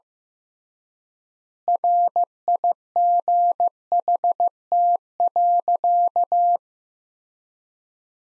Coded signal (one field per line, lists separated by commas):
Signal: Morse code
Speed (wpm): 15 wpm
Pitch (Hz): 700 Hz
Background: none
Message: RIGHT.